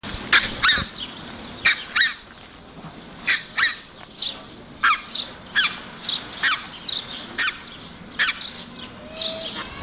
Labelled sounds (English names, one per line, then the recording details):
Red-breasted Goose call
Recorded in captivity
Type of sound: call
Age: adult
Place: Zoo Berlin, Berlin, DE
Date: 1986-05-02 12:07
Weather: sunny, 17°C
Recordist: Tembrock, Günter
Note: Rufreihe